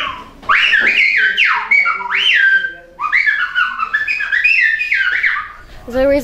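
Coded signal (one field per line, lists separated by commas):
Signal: whistled language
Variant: Silbo Gomero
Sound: loud gliding whistled phrases rising and falling, two sentences with a short pause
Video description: The initial sounds in the video mean "Bienvenidos a la Gomera" (in Spanish) and the second sentence corresponds with the English translation "Welcome to La Gomera" in Silbo.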